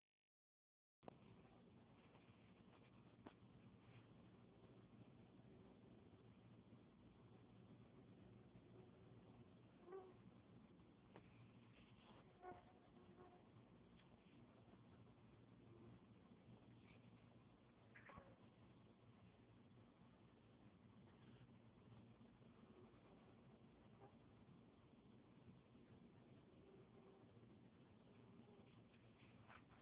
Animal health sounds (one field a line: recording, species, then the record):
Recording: mosquito flight sound by mobile phone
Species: Anopheles freeborni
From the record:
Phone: Huawei 866C